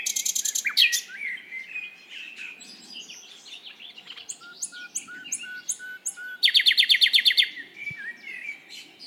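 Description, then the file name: Common nightingale song: rapid chirping trill, varied whistles and a series of short repeated notes, then another loud fast trill. "Luscinia megarhynchos"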